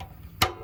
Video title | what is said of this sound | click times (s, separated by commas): How to fix broken dryer latch | and I'm going to pop it back in place right there | 0.4 s